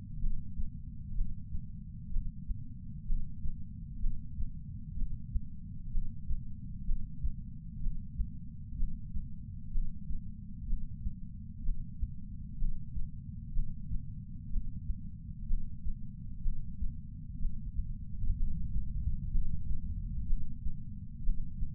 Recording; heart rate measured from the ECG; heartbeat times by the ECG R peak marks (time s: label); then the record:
heart sounds by patch sensor on the chest; 63 bpm
0.21 s: heartbeat
1.15 s: heartbeat
2.11 s: heartbeat
3.07 s: heartbeat
4.01 s: heartbeat
4.96 s: heartbeat
5.92 s: heartbeat
6.86 s: heartbeat
7.81 s: heartbeat
8.77 s: heartbeat
9.72 s: heartbeat
10.67 s: heartbeat
11.64 s: heartbeat
12.59 s: heartbeat
13.54 s: heartbeat
14.51 s: heartbeat
15.48 s: heartbeat
16.43 s: heartbeat
17.40 s: heartbeat
18.37 s: heartbeat
19.32 s: heartbeat
20.27 s: heartbeat
21.24 s: heartbeat
From the record:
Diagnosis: coronary artery disease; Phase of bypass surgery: preoperative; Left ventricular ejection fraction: 36.6%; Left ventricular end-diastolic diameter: 43 mm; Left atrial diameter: 33 mm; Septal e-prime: 3.9 cm/s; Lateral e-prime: 8 cm/s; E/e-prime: 10.3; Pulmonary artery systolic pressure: 22 mmHg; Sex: female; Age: 80 years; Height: 150 cm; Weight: 49 kg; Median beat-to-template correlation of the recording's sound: 0.90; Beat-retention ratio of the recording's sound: 0.98